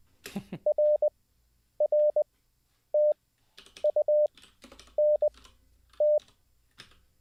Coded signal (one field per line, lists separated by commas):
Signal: Morse code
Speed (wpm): 20 wpm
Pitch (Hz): 600 Hz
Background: none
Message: RRTUNT